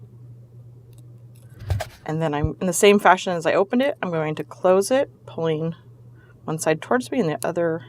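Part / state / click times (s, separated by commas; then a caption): lobster clasp onto a metal jump ring / not seated / none. A lobster clasp is slid onto an opened metal jump ring before the ring is twisted shut. Small metallic jangling is heard in the first two seconds, then someone talks. Nothing has clicked or snapped shut yet.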